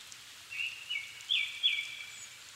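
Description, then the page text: Japanese thrush giving a short phrase of four clear whistled notes, the last ones brighter and higher, over soft constant hiss. Japan, 7 May 2011 at 17:59 in the evening, altitude 270 m; recorded on a Sony PCM-D50 with Panasonic WM-61A microphones. "Turdus cardis [Sounds -Nikko Today-]"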